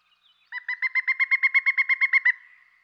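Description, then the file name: Pileated woodpecker giving a quick string of roughly fourteen resonant, wuk-like notes at a steady pitch and pace, rising a little in loudness midway, with no other sounds. "dan gibsons solitudes pileated woodpecker"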